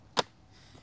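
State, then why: Seated. A loud, sharp click at 0.2 s as the recline lock on a rocking chair frame is engaged after the recline position is set, locking the chair so it will not move. A fainter click follows at 0.8 s. The lock has seated.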